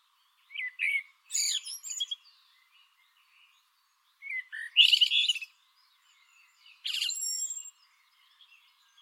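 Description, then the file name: Eurasian blackbird sings three soft phrases, each a low whistled warble tailing off into high, squeaky chatter, with brief silences between. "Turdus merula"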